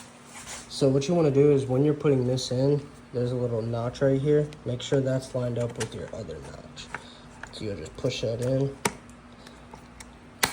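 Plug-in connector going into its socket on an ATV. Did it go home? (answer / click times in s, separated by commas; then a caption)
yes / 10.4 s. A plug-in connector is pushed into its socket on an abandoned Honda Rancher 350 ATV after a small notch on the part is lined up with the matching notch. Someone talks while handling it, with a few faint taps and rattles. A sharp click at 10.4 s marks the connector seating in place.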